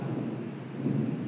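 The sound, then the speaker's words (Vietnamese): A steady, rumbling roar of thunder rolls on without pause, low and dense, blended with the hiss of heavy rain during a storm. No one speaks. “đó là tiếng sấm chớp.”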